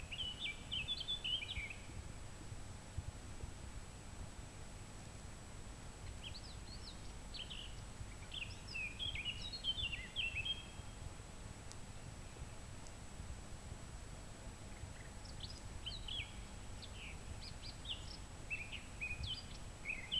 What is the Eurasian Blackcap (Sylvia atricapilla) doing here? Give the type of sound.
song